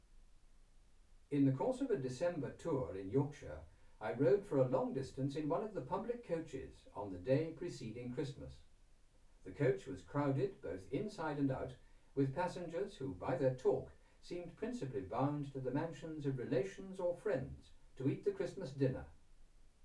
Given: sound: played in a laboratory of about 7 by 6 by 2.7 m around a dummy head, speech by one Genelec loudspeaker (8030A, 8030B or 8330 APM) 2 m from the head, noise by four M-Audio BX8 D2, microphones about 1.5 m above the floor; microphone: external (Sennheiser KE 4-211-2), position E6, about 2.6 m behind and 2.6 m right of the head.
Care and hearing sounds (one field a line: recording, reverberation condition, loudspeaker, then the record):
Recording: male speech in English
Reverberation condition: low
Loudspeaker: 120 degrees to the left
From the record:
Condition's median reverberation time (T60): about 310 ms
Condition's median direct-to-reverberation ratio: about 3.5 dB